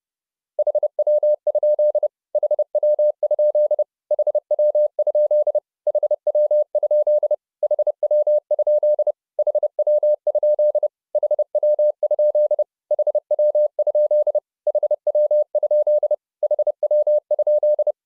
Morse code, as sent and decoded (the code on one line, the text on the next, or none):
.... .-- ..--.. / .... .-- ..--.. / .... .-- ..--.. / .... .-- ..--.. / .... .-- ..--.. / .... .-- ..--.. / .... .-- ..--.. / .... .-- ..--.. / .... .-- ..--.. / .... .-- ..--..
HW? HW? HW? HW? HW? HW? HW? HW? HW? HW?